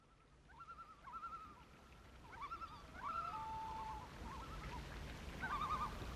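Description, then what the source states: Loon giving quavering tremolo phrases near one pitch, several short bursts in a row, over a soft hiss. Loon calls mixed with music.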